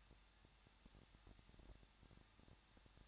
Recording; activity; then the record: daily activity, microphone in the room; no activity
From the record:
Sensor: 3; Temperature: 21.2 degrees Celsius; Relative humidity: 36.3%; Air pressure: 1006.3 hPa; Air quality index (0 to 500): 221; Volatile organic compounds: 41 ppm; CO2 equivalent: 3157 ppm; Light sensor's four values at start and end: 2/3/2/2 and 2/3/2/2